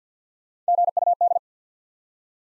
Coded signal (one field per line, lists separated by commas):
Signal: Morse code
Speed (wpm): 50 wpm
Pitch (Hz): 700 Hz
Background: none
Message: GUD